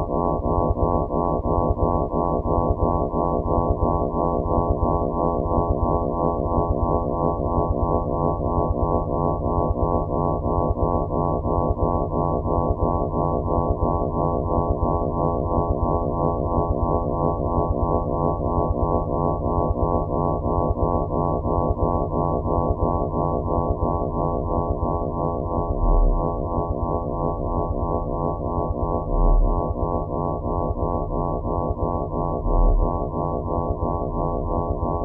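Binaural and pluraural beats: a steady drone of stacked low tones, all below about 1 kHz, with nothing bright above. A slow, regular pulsing throbs through the low end for the full 35 seconds, and soft low thumps briefly swell near the end.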